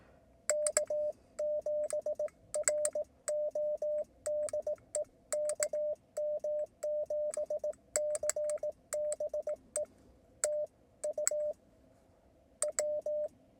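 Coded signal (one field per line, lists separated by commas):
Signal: Morse code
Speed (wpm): 18 wpm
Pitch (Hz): 600 Hz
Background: radio noise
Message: K7RO DE KM7CBE TU W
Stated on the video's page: CW Parks on the Air activation from a windy mountain pass, QRP, wire antenna, IC-705 transceiver.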